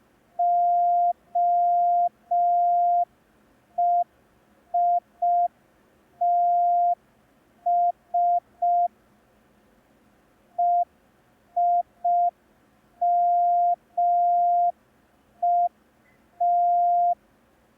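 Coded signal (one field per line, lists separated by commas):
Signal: Morse code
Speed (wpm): 5 wpm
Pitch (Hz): 700 Hz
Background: none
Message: OEITS EIMET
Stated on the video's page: Morse code lesson, day 1 of a 10-day learning course.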